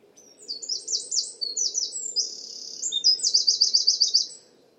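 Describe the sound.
Bird song, a high phrase of quick slurred chirps, then a steady buzzy note and a fast ringing trill to finish.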